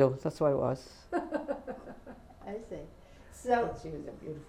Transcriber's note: she laughs